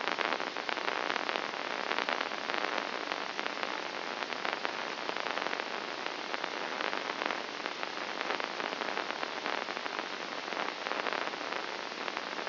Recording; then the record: brain microelectrode recording played as sound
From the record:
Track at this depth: inside the subthalamic nucleus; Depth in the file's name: 2.634 mm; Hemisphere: left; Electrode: 2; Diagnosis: Parkinson's disease